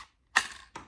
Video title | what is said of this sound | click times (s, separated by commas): Is It Safe to Carry Loaded? Carrying One in the CHAMBER Safely | you hear it sort of Clicks in there it's an it's an audible click | 0.4 s